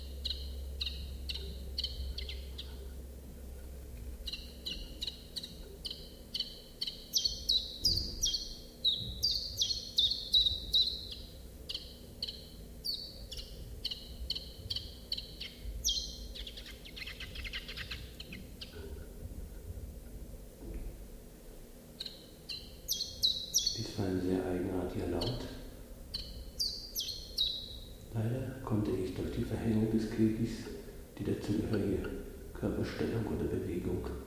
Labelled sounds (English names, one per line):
Common Chiffchaff song